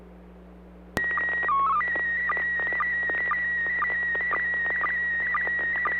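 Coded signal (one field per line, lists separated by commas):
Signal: SSTV (slow-scan television)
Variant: PD 120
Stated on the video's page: SSTV images exchanged on a weekly amateur net via an FM repeater on 441.300 MHz in Sacramento, sent with MMSSTV software.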